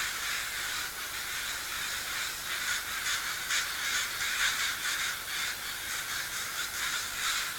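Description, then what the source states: Many crows giving harsh caws that overlap in a busy, continuous flock chorus. Crow recorded at sea.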